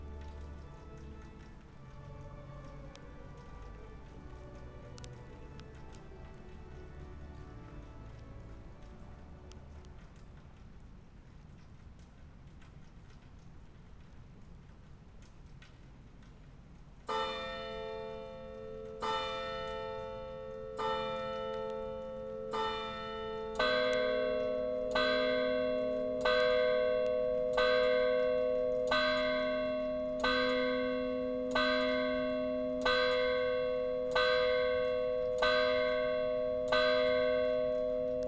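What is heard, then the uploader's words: Walking through Tübingen's old town on Christmas Eve, a soft, steady murmur fills the first fifteen seconds. Then church bells begin tolling at a regular pace, roughly every two seconds, growing louder and fuller after about twenty-four seconds, each stroke ringing on. Christmas Eve in Tübingen. A few clips from walking around the old town here in Tübingen on Christmas Eve.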